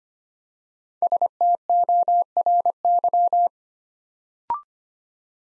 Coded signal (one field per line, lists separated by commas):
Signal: Morse code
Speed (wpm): 25 wpm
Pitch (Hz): 700 Hz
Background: none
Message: STORY